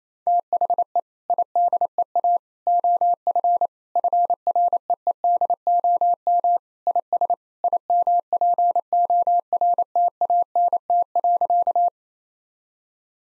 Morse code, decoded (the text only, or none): THE IDEA OF FREEDOM IS IMPORTANT.